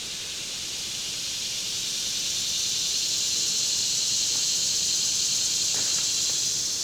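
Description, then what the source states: Insects in a continuous high buzzing chorus, slowly growing louder. Summer; swelling insect chorus; Ferne Cliff.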